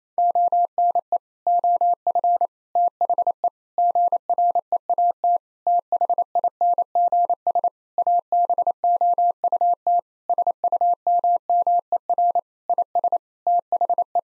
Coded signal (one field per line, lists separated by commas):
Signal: Morse code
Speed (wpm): 28 wpm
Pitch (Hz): 700 Hz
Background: none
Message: ONE OF THE GREAT THINGS ABOUT SUMMER IS THE